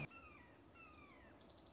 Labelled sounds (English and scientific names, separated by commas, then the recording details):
Red-shouldered Hawk (Buteo lineatus)
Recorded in Sonoma County, California